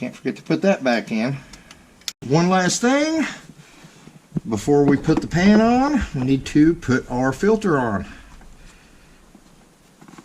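Someone talks while an automatic transmission oil filter is handled and lined up under a 4L60E transmission case before being pushed in, with only light patter and a few small knocks near the end. Nothing has seated or clicked yet.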